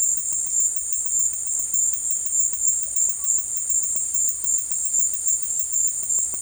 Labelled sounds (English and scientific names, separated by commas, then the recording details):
none
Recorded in dense forest near Puerto Asís, Putumayo, Colombia, on 22 December 2024 at 13:30
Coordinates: 0.468, -76.322
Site G071